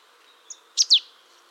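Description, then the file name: Marsh Tit calls: a faint high note followed by two sharp, downslurred high notes in quick succession, over a quiet background. "Poecile palustris"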